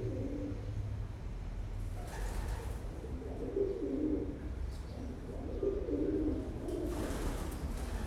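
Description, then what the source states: Pigeons cooing, low soft throaty coos in several bursts, over steady low rumbling background noise. Several pigeons in an abandoned sculpture at a former fire station in the Imperial Shipyard, Gdańsk, Poland.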